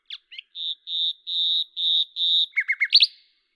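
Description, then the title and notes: Common nightingale song: a few short notes, then a series of five pure, level whistles, ending with quick downslurred chips and a rising flourish. At Lavours, France, on 10 May 1998; Tascam DAP-1 with Télingua microphone, edited in Samplitude 5.1. "D83, 01350 Lavours, France - rossignol à LAVOURS. 10/05/1998"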